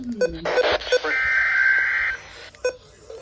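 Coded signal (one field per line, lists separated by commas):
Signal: Emergency Alert System (SAME) tones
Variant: header bursts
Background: speech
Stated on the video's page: Tornado warning EAS tones.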